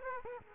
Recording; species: mosquito wingbeat signal from an infrared sensor; Aedes aegypti